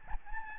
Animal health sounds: mosquito wingbeat signal from an infrared sensor; Aedes albopictus

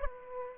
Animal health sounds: mosquito wingbeat signal from an infrared sensor; Aedes aegypti

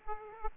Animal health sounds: mosquito wingbeat signal from an infrared sensor; Aedes aegypti

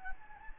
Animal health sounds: mosquito wingbeat signal from an infrared sensor; Anopheles gambiae

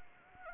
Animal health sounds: mosquito wingbeat signal from an infrared sensor; Anopheles arabiensis

